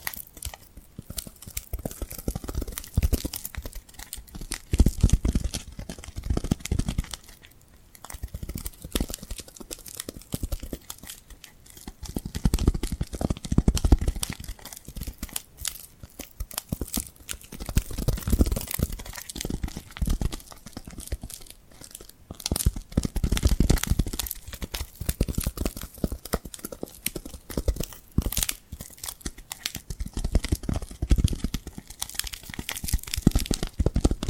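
Tingly glued hand sounds: sticky peeling, crackling and crinkling, dense and irregular, with louder bursts of tearing texture recurring throughout.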